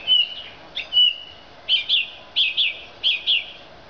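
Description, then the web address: Thrush song: clear whistled phrases, mostly paired notes, repeated about every half second to second with short pauses between them. "Zingende lijster"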